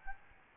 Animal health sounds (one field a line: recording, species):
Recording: mosquito wingbeat signal from an infrared sensor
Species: Aedes albopictus